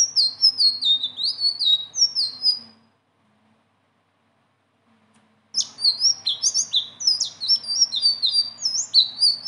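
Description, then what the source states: Leafbird song: quick chains of high, slurred whistles in two bursts, split by about three seconds of silence. Bird singing persistently (gacor) with rolling phrases (ngeroll) and fill-in phrases (isian); training song (masteran).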